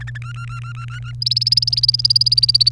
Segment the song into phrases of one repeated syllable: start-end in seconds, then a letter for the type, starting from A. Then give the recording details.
0.00-0.18 A, 0.22-1.12 B, 1.22-2.69 C. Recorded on 30 April 2018 at 16:52. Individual llb3